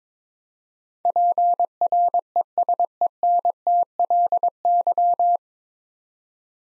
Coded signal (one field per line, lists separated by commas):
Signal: Morse code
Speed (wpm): 22 wpm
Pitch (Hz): 700 Hz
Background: none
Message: PRESENTLY